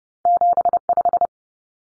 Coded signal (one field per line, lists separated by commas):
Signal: Morse code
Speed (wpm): 31 wpm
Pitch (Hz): 700 Hz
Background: none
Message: 75